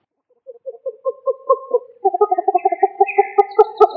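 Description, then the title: Rail giving a series of low clucking notes that speed up, with higher squealing notes toward the end. "Familia Rallidae"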